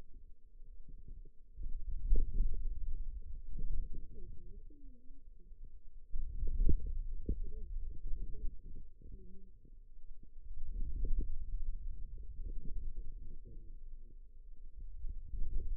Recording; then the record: forearm muscle sounds (acoustic myography)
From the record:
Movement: hand closing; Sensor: system 2, bracelet of six BSWA MPA416 microphones around the upper forearm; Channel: 3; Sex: female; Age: 21 years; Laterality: right